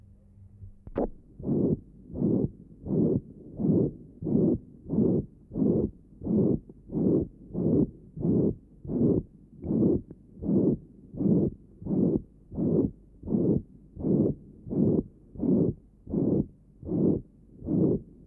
Patient has a ventricular septal defect. Recording taken at left sternal edge. Note the pan-systolic murmur.